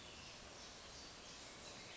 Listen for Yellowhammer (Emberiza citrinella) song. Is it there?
no